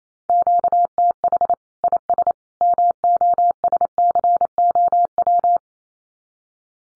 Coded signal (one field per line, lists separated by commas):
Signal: Morse code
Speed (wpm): 28 wpm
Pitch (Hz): 700 Hz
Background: none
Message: QTH IS MOSCOW